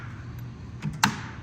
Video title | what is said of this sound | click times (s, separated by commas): How to Open Hinged Glass Panel on Pella Lifestyle w/ HGP Windows 2019-Current | You hear 4 clicks on this and you're done. | 1.0 s